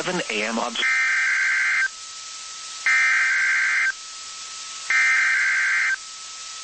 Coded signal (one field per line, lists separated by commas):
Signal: Emergency Alert System (SAME) tones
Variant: header bursts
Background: speech